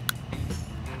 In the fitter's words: And then the first baffle has a shoulder on it right here, and it'll lock onto that side like that.